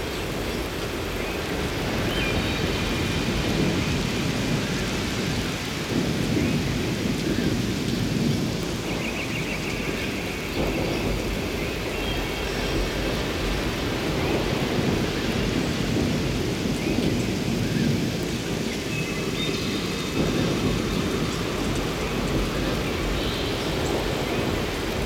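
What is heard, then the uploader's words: Steady, heavy rain falls in woodland, a dense hiss with a deep, rumbling low end that holds level for the whole stretch. Faint bird calls flicker through the downpour now and then, especially around the middle and near the end. Stormy minutes of rain in some Woods.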